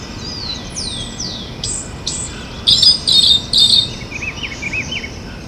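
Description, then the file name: Eastern slaty thrush song: high, squeaky notes and thin downslurred whistles, then a loud run of sibilant, buzzy bursts in quick succession, fading into softer twittering over faint background hiss. Recorded at Itatiaia National Park, Rio de Janeiro, Brazil, dated 9-10-95. "Turdus-subalaris-PNItatiaia-RJ-9-10-95-ASilveira"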